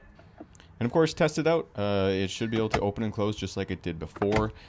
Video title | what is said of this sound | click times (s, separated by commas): 2020 Chevy Silverado Cabin Air Filter Change - 2020 Truck Filter Change | And then once you have that bar in place, it's a simple push back to the right side towards the glove box itself, and then you just push it in and it should snap in place. | 0.5 s, 0.6 s